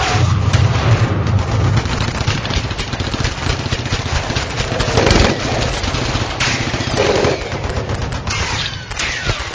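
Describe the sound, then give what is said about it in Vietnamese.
Rapid, sustained gunfire in a fight between commandos and Viet Cong soldiers crackles in dense bursts throughout, sharp shots overlapping continuously at high volume with a low rumbling undertone and no voices. “Cùng lúc đó những tiếng súng nổ ròn rã liên hồi.”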